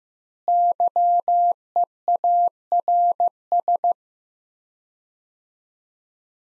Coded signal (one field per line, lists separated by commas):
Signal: Morse code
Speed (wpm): 15 wpm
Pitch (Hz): 700 Hz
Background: none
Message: YEARS